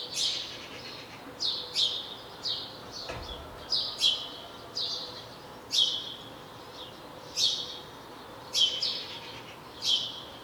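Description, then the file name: House sparrow calls, a run of loud chirps at irregular intervals, some doubled, with one brief thud partway through and soft background hiss. "Passer domesticus"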